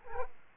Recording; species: mosquito wingbeat signal from an infrared sensor; Culex quinquefasciatus